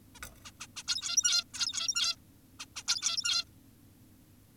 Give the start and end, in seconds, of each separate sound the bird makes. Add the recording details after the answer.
0.15-0.20, 0.45-0.51, 0.60-0.67, 0.77-0.83, 0.88-1.44, 1.54-2.16, 2.60-2.66, 2.76-2.84, 2.88-3.45. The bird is an adult. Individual g17y2U